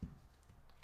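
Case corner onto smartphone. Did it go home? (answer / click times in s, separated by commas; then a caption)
no / none. A second corner of a Casetify Ultra Bounce protective case is pressed onto an iPhone 16 Pro Max. There is a short low thump at the start, then quiet handling noise. The clip ends before the corner goes home, and nothing has clicked or seated yet.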